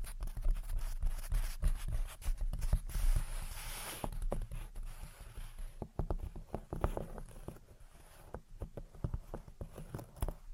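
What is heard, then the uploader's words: Gentle tapping and scratching come in quick, irregular clusters, with a soft hiss through the first four seconds and sparser taps afterward. Gentle Tapping and Scratching. (No Talking).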